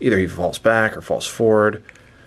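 A McFarlane DC Multiverse White Templar Azrael Suit of Sorrows Gold Label plastic action figure is handled by its ratcheted ankle joint, which steps into detents but doesn't click into place quite properly, so the figure falls back or forward. Someone talks throughout the clip, and no clear click stands out. Nothing has seated or clicked yet.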